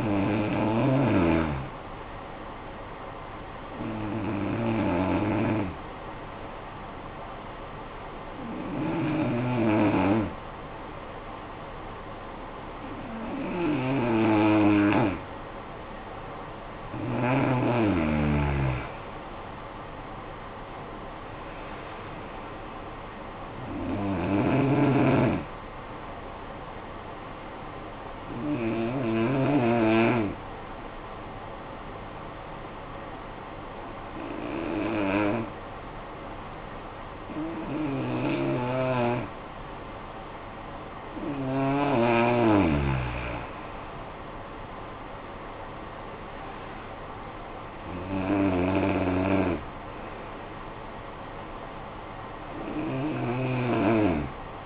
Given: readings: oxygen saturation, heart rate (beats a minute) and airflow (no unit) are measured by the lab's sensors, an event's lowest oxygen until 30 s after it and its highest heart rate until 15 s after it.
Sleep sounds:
breathing in sleep by a voice recorder at the bedside; 2
3.00-19.20 s: hypopnea (N2, oxygen 92% highest, then 88% lowest, heart rate 52 at the start, 67 highest)
27.00-43.50 s: hypopnea (N2, oxygen 93% highest, then 85% lowest, heart rate 55 at the start, 68 highest)
From the record:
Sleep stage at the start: N2 (light sleep); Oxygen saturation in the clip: 86 to 93%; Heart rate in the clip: 48 to 68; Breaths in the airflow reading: 12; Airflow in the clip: -15.4 to 8.8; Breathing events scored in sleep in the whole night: 445 in 7.6 hours asleep

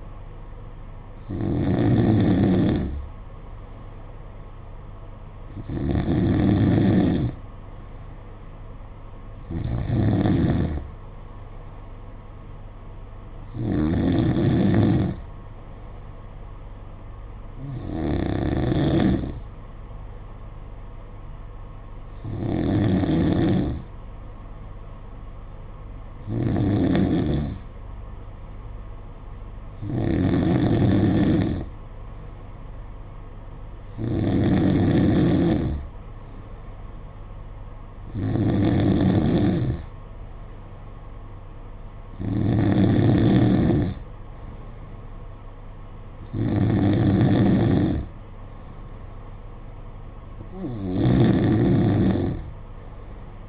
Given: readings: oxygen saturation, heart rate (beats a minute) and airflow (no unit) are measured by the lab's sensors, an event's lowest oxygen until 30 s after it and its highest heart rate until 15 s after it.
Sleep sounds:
breathing in sleep by a smartphone at the bedside; none
18.00-53.49 s: new sleep stage, N2 (light sleep)
From the record:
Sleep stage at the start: N3 (deep sleep); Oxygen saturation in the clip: 93%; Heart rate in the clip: 54 to 59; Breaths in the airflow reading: 13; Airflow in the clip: -4.9 to 4.1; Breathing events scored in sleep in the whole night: 476 in 9.7 hours asleep

